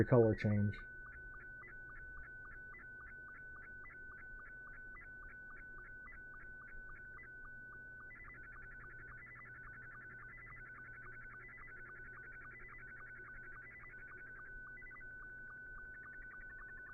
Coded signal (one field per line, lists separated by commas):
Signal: SSTV (slow-scan television)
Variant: Scottie 2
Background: speech